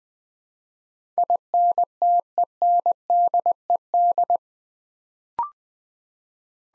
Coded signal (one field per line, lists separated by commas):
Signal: Morse code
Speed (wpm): 20 wpm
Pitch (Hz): 700 Hz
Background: none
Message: INTENDED